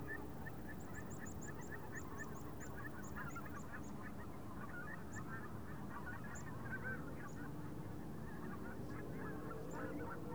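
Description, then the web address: Goose: geese giving soft honks over wind rumble, with a series of thin high ticking notes early on. Large flock of geese passing overhead, open field, Wendland, autumn, light wind. "GDC 2016-Game Audio Bundle Shaping Waves - WENDLAND AUTUMN Wendland Autumn Open Field Big Goose Swarm Passing Overhead Light Wind"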